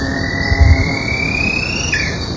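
White-throated spadebill song: one long, thin, high tone that rises slowly for about two seconds, then breaks off and drops.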